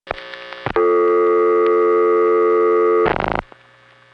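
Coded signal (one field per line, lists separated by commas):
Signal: telephone call progress tone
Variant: North America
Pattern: dial tone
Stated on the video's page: Long-distance telephone trunk signalling from the 1970s, heard via centralized intercept, an NX1 test board and NX1 tandem calls.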